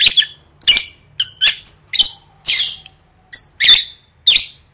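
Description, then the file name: Lovebird calls as harsh, rasping squawks mixed with short clear whistles, about two per second with small gaps. "tieng vet mau don"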